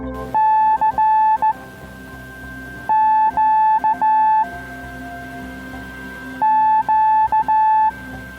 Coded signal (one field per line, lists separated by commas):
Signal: Morse code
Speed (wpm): 15 wpm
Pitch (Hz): 870 Hz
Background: music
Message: C Q Q